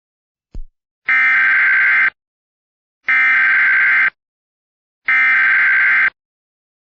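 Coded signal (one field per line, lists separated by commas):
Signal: Emergency Alert System (SAME) tones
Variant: header bursts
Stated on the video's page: Silver Alert received for the local county.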